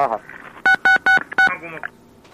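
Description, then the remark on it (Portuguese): Four quick, loud dual-pitch beeps from the keypad buttons of an old, non-cordless telephone being pressed, evenly spaced with a short pause before the last, surrounded by murmured voices. “pode ser que ele esteja segurando o telefone na mão sem fio, Marco Antônio, e sem querer... Ah, e apertando os botões?”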